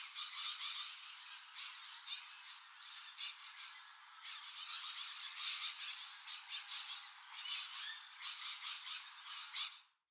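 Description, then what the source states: Parrots squawking: harsh, rasping calls in rapid irregular bursts, sometimes clustered, continuing through the whole stretch with short gaps. Several parrots calling while flying in circles.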